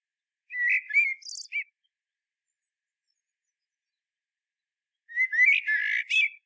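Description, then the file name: Common blackbird song: a mellow whistled phrase with a high squeaky flourish near its end, then a pause of about three seconds before a second warbled phrase. "Turdus merula"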